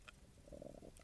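A low, gurgling rumble lasting about half a second: ordinary stomach rumbling (borborygmi) in an adult man who had not eaten, a normal gut sound.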